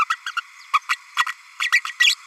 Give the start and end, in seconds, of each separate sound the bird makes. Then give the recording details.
0.10-0.16, 0.26-0.31, 0.36-0.41, 0.73-0.79, 0.88-0.96, 1.16-1.25, 1.72-1.81, 1.84-1.94, 1.99-2.15. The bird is a female. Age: 32 days. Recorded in a nest box in Venezuela. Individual 17B32A5